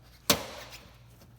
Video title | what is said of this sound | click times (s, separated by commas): 2016 2017 2018 Honda Civic Fender Liner Removal How to Remove Replace Install 10th Gen | you just heard it click. | 0.3 s